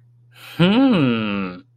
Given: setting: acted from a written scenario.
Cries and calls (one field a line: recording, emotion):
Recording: vocal sound without words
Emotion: pride